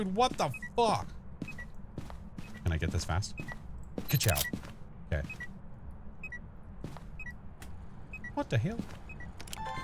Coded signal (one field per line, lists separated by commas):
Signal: none